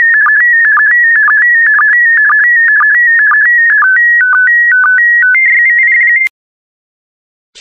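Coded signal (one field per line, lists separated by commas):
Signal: SSTV (slow-scan television)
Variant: PD120 mode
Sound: warbling electronic tone hopping in pitch, with rhythmic low chirps about twice a second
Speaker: complete. You can now check your decoded image against the picture that is shown on the video.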